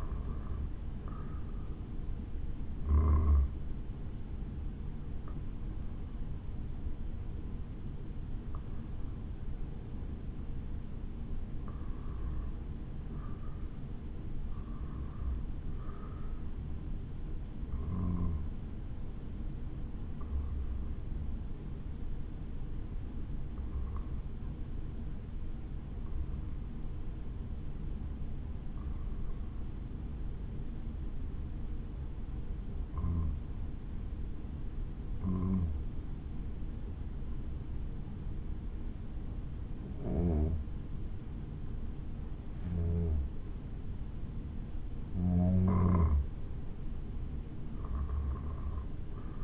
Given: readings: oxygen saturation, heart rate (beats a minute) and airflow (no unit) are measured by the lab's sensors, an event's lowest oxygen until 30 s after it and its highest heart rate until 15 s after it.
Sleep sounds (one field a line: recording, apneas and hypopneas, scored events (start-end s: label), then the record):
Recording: breathing in sleep by a smartphone at the bedside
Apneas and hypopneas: 1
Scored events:
16.00-40.40 s: hypopnea (N1, oxygen 96% highest, then 93% lowest, heart rate 60 at the start, 64 highest)
26.00-49.44 s: new sleep stage, N2 (light sleep)
From the record:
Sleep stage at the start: N1 (lightest sleep)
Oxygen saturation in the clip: 91 to 96%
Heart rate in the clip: 57 to 66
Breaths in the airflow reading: 17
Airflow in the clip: -6.5 to 6.4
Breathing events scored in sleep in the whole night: 216 in 7.0 hours asleep